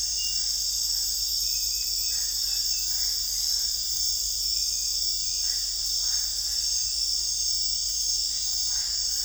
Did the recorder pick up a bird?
no